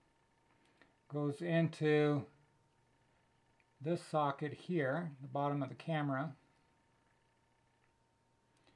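A small plastic wire connector is brought to the socket on the bottom of an FPV camera and lined up before being pushed in, while someone talks. The connector has not seated or clicked yet.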